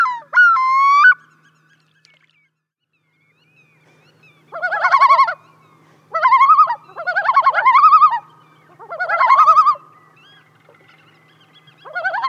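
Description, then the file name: Common loon gives a brief tonal wail, then after a pause a series of wavering, quavering tremolo bursts with strong harmonics, repeated every second or two. "svartnabbad islom"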